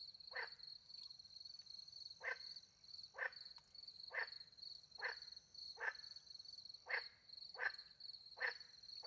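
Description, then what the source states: Frog croaking repeatedly, around ten short grating notes in uneven rhythm, accompanied by a constant high cricket trill. Frogs with crickets in French countryside at night; microphones hidden in a tree near a small pond; recorded with two Usi Pro microphones into a MixPre-10 II.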